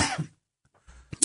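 A single harsh, explosive cough from an adult man with a cold opens and fades within about a third of a second. After a short silence come a faint low voiced sound and a brief breath noise. It is an isolated dry-sounding cough.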